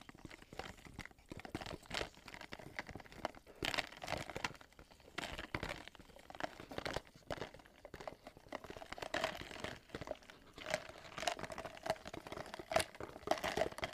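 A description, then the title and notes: Ice clinks and crackles throughout, a dense run of small, irregular ticks and crunchy snaps with no steady rhythm. Bright, short tinkling tones ring out now and then, growing more frequent in the last few seconds, over a faint low rumble. Ice clinking, ice melting. Blue yeti microphone.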